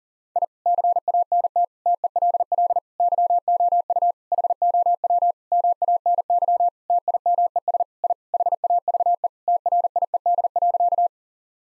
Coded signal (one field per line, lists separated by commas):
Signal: Morse code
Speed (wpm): 40 wpm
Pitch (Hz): 700 Hz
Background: none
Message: I CANT TELL YOU HOW MANY TIMES I HAVE TRIED.